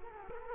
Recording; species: mosquito wingbeat signal from an infrared sensor; Culex quinquefasciatus